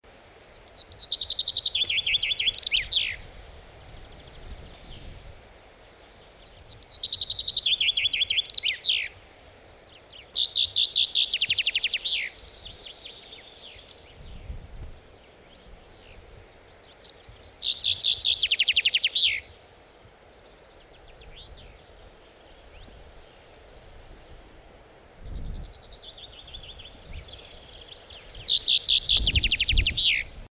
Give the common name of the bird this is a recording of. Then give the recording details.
Common Chaffinch. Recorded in the wild. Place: Altenau, Niedersachsen, DE. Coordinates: 51.8, 10.54. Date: 1986-06-15. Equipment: Sony WM-D6C, Parabolscheibe. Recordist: Skiba, Reinald. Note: Torfhaus, Harz